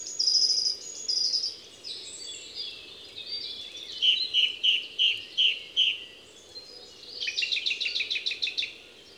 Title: Envirhôna, Les Avenières Veyrins-Thuellin, France - Grive musicienne